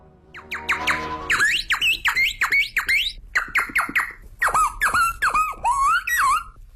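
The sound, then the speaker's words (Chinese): A Beijing kouji (vocal mimicry) performer whistles an imitation of birdsong: a rapid, steady run of high, bright chirps that sweep sharply up and down in pitch, loud and continuous with no talking. “您现在听到的这鸟声可不是真的鸟叫，而是人学的鸟叫。”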